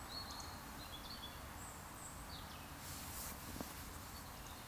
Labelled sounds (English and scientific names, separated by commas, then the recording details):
Eurasian Woodcock (Scolopax rusticola) whistle
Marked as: whistle, whistle
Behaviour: display flight
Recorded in Baden-Württemberg, Germany, on 8 June 2020 at 19:54 UTC
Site 44842, 218 m above sea level